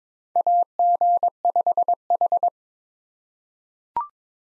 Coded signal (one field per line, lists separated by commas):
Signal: Morse code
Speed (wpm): 22 wpm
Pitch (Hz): 700 Hz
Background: none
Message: AG5H